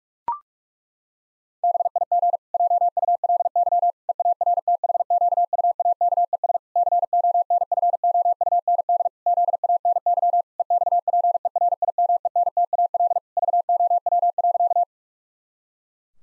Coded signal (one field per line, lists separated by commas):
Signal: Morse code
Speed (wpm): 41 wpm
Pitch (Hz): 700 Hz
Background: none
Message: BIG JULY EARTHQUAKES CONFOUND ZANY EXPERIMENTAL VOW.